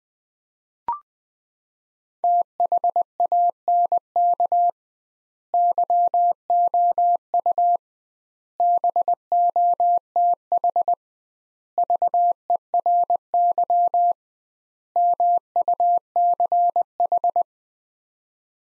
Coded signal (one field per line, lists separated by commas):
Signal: Morse code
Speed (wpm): 20 wpm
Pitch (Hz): 700 Hz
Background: none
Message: THANK YOU BOTH VERY MUCH